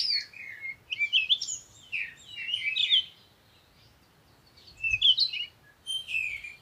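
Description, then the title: Birds singing in lively twittering bursts, high chirps and warbles coming in clusters with a quiet gap midway, over soft low background noise. Morning birds recorded outdoors in nature while on vacation. "Morning Birds Meditation - Spiritually Fit with Amelia Andaleon"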